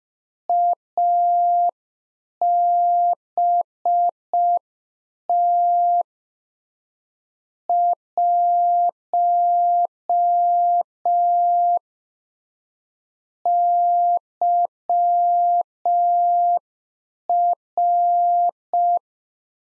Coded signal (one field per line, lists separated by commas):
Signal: Morse code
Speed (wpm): 5 wpm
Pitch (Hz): 700 Hz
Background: none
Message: ABT 1 YR